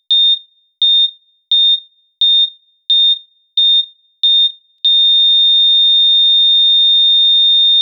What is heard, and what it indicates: Heart Rate Monitor Flatline.